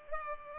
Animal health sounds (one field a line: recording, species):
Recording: mosquito wingbeat signal from an infrared sensor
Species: Culex pipiens